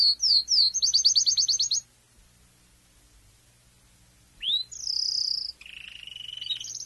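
Domestic canary with a burst of rapid high chirped notes, a quiet gap, then a rising whistle and sustained buzzy trill.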